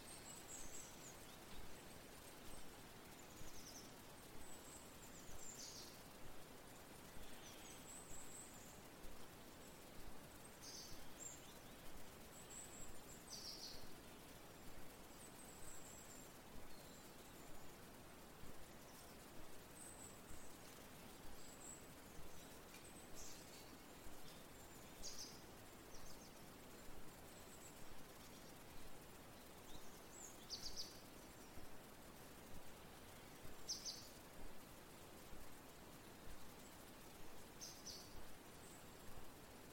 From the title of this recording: FOREST AT NIGHT - Crickets Owls Rain Wind in Trees